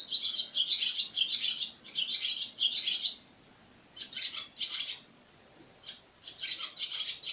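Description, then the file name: Swallow twittering: bursts of scratchy, high chattering notes for about three seconds, a pause, then shorter broken twitters. Recorded 26 April 2017. "hirondelle 26-04-17"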